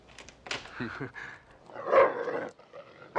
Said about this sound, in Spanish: ¡A ellos! ¡Perrito, perrito! ¡Atácalos!